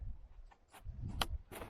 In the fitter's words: Boom. And it'll click.